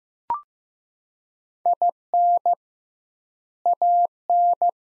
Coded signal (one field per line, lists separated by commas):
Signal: Morse code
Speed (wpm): 15 wpm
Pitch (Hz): 700 Hz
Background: none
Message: IN AN